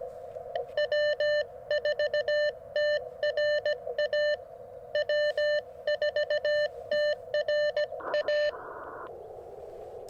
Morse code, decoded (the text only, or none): W4TRA W4TRA